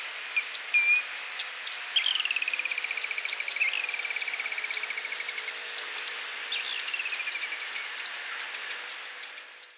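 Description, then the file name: Sora giving its whinny: a few short sharp notes, then a long rapid series of high notes that falls in pitch, then a second similar series. "Porzana carolina - Sora"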